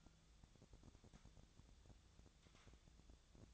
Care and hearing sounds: daily activity, microphone in the room; take from stove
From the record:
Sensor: 3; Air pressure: 1000.0 hPa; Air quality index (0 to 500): 123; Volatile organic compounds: 2 ppm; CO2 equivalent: 1105 ppm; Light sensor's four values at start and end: 44/111/48/53 and 44/111/48/53

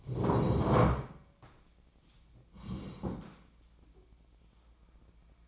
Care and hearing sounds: daily activity, microphone in the room; sit down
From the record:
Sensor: 1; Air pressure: 1012.3 hPa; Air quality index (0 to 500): 174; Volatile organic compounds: 3 ppm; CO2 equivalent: 1424 ppm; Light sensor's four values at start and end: 47/125/51/63 and 47/126/52/63

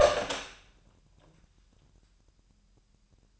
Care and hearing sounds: daily activity, microphone in the room; open door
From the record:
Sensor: 2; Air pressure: 998.3 hPa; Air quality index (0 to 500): 139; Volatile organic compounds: 4 ppm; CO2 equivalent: 1576 ppm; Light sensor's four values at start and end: 12/35/14/14 and 12/35/14/14

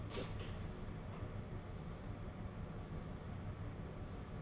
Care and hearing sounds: daily activity, microphone in the room; open door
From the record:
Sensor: 4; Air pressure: 1016.1 hPa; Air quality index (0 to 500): 208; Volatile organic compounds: 12 ppm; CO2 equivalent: 2373 ppm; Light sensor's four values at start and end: 9/20/8/7 and 9/20/8/7

